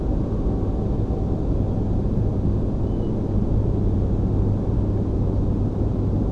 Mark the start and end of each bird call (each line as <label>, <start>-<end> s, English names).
European Golden Plover, 2.83-3.13 s